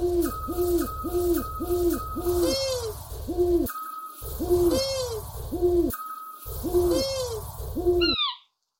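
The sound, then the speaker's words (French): Owl hoots from scops, long-eared and eagle owls, three of the most widespread owl species in Europe, repeat in a steady, almost musical rhythm, with short tonal notes looping over a low rumbling bed and brief higher sweeping calls between. “Vous connaissez maintenant les chants des trois plus répandues espèces des hiboux en Europe. Le hibou petit duc, le moyen duc et le grand duc.”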